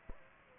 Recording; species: mosquito wingbeat signal from an infrared sensor; Aedes aegypti